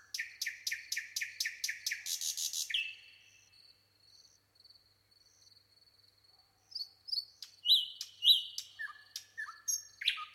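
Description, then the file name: Common nightingale song opening with a rhythmic series of several loud repeated notes and a buzzy rattle, then soft pauses and varied rising chirps and whistles. "Luscinia megarhynchos"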